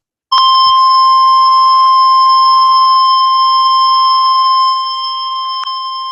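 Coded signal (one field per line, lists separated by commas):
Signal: Emergency Alert System (SAME) tones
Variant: 1050 Hz attention tone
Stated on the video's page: Tornado watch alerts received from NOAA Weather Radio station WXJ55.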